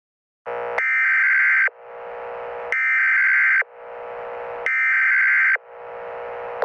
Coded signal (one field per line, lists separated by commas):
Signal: Emergency Alert System (SAME) tones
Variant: header bursts